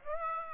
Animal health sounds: mosquito wingbeat signal from an infrared sensor; Aedes aegypti

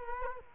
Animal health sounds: mosquito wingbeat signal from an infrared sensor; Culex quinquefasciatus

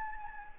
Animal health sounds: mosquito wingbeat signal from an infrared sensor; Anopheles gambiae

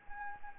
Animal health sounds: mosquito wingbeat signal from an infrared sensor; Anopheles gambiae

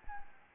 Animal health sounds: mosquito wingbeat signal from an infrared sensor; Anopheles gambiae

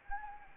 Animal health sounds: mosquito wingbeat signal from an infrared sensor; Anopheles gambiae

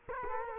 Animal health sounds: mosquito wingbeat signal from an infrared sensor; Culex quinquefasciatus

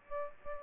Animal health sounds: mosquito wingbeat signal from an infrared sensor; Aedes aegypti

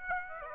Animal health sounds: mosquito wingbeat signal from an infrared sensor; Aedes aegypti

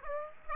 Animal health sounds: mosquito wingbeat signal from an infrared sensor; Aedes aegypti

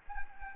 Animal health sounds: mosquito wingbeat signal from an infrared sensor; Anopheles gambiae

